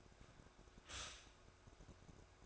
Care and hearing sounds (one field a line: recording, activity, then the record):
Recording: daily activity, microphone in the room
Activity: stop toaster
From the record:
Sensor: 2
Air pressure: 1004.1 hPa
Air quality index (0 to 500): 193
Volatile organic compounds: 11 ppm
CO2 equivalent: 2310 ppm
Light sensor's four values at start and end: 4/10/4/4 and 4/10/4/4